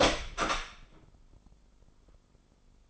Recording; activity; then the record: daily activity, microphone in the room; open door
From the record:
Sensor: 5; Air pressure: 996.3 hPa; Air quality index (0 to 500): 37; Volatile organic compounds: 1 ppm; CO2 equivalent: 607 ppm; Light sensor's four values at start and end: 43/101/42/44 and 43/101/42/44